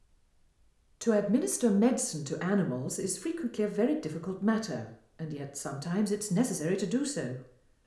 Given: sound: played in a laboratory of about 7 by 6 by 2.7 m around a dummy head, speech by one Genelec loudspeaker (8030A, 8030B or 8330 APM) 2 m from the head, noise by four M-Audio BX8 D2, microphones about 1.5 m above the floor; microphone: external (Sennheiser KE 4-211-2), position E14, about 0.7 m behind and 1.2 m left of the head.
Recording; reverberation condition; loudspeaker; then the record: female speech in English; medium; 150 degrees to the left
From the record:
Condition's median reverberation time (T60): about 510 ms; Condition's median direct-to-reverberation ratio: about -0.5 dB